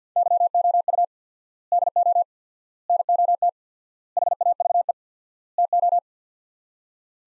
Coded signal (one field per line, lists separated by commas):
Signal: Morse code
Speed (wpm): 50 wpm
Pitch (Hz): 700 Hz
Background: none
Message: YOU DO NOT HAVE TO